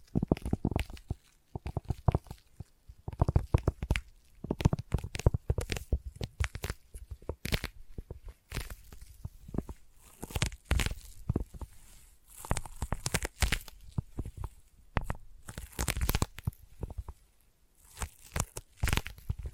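Sticky tapping and sticky triggers: dense, irregular bursts of sharp taps and tacky peeling sounds, many in quick clusters with brief quiet gaps, notably around eight and seventeen seconds. Some bursts carry a crinkly, tearing quality, with occasional soft low thumps underneath.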